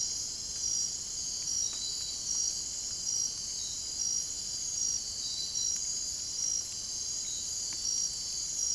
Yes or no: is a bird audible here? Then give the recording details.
no. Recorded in dense forest near Puerto Asís, Putumayo, Colombia, on 22 June 2025 at 00:30. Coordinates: 0.503, -76.323. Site G059